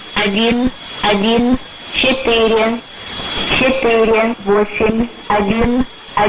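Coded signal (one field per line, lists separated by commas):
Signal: numbers station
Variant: S06s Russian Lady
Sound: a woman's voice reading short, evenly spaced words, about eight in six seconds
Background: radio static, faint steady whistle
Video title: 12 03 2019 S06s Russian Lady numbers station in Russian to Eu 0730 on 7425 unknown tx site USB+AM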